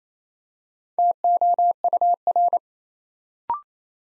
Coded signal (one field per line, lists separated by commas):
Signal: Morse code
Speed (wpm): 28 wpm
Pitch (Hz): 700 Hz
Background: none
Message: TOUR